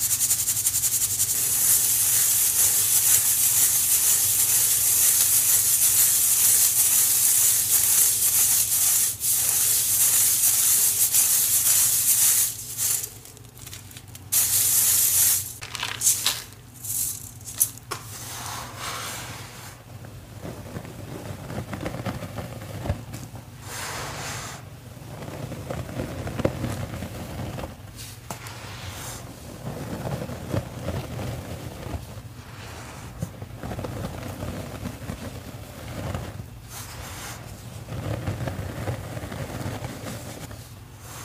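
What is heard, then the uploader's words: Steady hissing of sifted matcha powder for about twelve seconds, then brief bursts and softer rustles, scrapes and low taps. Sifting and powder play in my matcha mix. ASMR soothing sounds of sifting and powder play.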